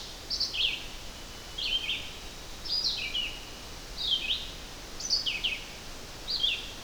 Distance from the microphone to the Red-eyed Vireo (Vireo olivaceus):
about 10 m